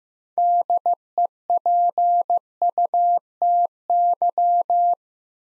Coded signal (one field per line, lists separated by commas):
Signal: Morse code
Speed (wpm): 15 wpm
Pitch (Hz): 700 Hz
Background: none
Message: DEPUTY